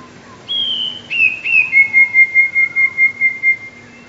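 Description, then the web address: Eurasian blue tit singing: one high drawn-out whistle, a pair of dropping slurred notes, then a long even trill of many bright notes. "wroblowe teka 2 spiew 2. wroblowe teka modraszkoteka"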